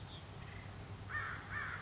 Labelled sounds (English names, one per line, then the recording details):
American Crow
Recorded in Sonoma County, California